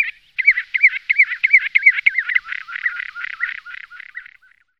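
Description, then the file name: Common ringed plover giving a rapid run of rising-falling piping notes, fading toward the end. "kulík-písečný"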